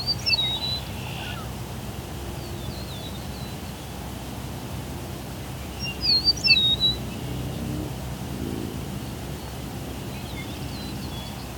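Birds sing at sunset, scattered chirps and short whistled phrases rising and falling near the start, around six to seven seconds, and again near the end. Beneath them a steady low rumble runs throughout, like traffic or wind.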